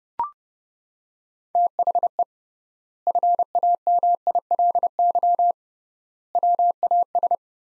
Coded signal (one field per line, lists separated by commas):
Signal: Morse code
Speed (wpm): 32 wpm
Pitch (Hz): 700 Hz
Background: none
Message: THE FAMILY WAS